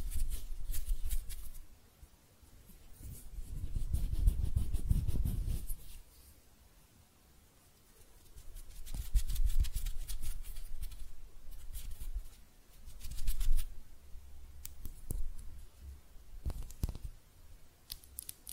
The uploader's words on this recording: ASMR Relaxing Hand Sounds (No Talking).